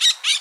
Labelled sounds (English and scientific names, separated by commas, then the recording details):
Brown-throated Parakeet (Eupsittula pertinax) contact call
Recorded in Bonaire
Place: just S of turnoff to Cai, near Lac Bay
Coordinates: 12.126, -68.239